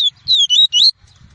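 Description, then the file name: Double-collared seedeater song fragment: a few clear whistled notes delivered within about a second. Song of the "tui-tui" variety. "canto do papa capim tui tui"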